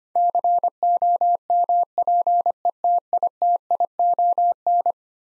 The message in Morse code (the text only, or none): COMPETITION